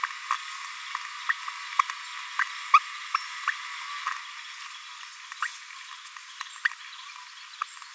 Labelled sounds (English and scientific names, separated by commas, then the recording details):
Green-rumped Parrotlet (Forpus passerinus) babbling
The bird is a male
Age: 22 days
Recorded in a nest box in Venezuela
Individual 17B42A3